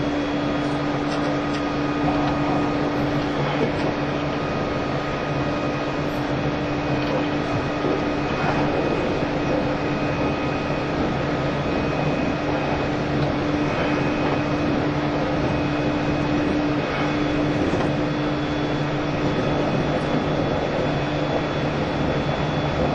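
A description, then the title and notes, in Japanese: A limited express train recorded from inside a passenger car as it runs at speed. A steady, dense rumble holds throughout, with a low motor hum and a faint higher whine running constant. Soft rhythmic clicks from the rails pass every few seconds, and the loudness never changes. E351系 Sあずさ18号02 甲府～八王子。全車引退したJR東日本唯一の振り子式車両であったE351系、速達運用だったSあずさを収録したものです。走行音。収録年月:2017,05。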